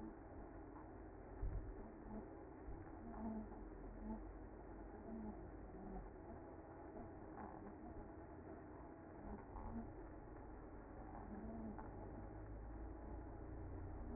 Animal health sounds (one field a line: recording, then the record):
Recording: honeybee colony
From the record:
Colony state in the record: active